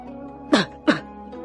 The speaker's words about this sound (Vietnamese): Lăng Phong ho khan thầm suy tính.